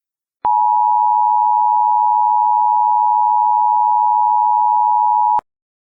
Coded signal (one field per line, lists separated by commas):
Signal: Emergency Alert System (SAME) tones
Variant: 853 and 960 Hz attention tone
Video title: EAS Scenario: Absolutely Radioactive Part 5